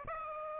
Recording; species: mosquito wingbeat signal from an infrared sensor; Aedes aegypti